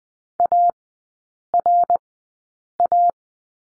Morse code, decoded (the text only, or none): ARA